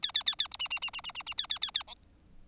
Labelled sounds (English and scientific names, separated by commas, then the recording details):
Bengalese Finch (Lonchura striata domestica) song
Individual Bird4